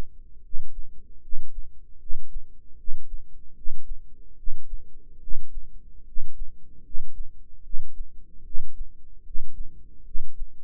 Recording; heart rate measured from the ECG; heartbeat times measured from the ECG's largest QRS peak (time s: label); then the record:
heart sounds by microphone in the right ear; 75 bpm
0.41 s: heartbeat
1.20 s: heartbeat
1.98 s: heartbeat
2.76 s: heartbeat
3.53 s: heartbeat
4.35 s: heartbeat
5.19 s: heartbeat
6.04 s: heartbeat
6.82 s: heartbeat
7.61 s: heartbeat
8.42 s: heartbeat
9.22 s: heartbeat
10.03 s: heartbeat
From the record:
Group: healthy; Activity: rest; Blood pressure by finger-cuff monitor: 111/64 mmHg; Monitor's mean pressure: 77 mmHg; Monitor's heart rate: 75 bpm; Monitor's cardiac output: 7.4 L/min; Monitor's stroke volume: 99 mL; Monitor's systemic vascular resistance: 740 dyn s/cm5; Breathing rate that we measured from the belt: 21 breaths a minute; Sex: male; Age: 35 years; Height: 180 cm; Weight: 86.9 kg